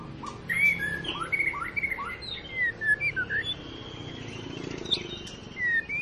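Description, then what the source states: White-rumped shama song: clear whistled phrases and slurred notes over a steady hiss. Long lure recording (pancingan) of a constantly singing (gacor) white-rumped shama, used to prompt other birds to sing.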